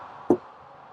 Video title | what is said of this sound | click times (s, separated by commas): 2023-2026 Lexus UX Deep Dive - Full Tutorial | one click two click | 0.3 s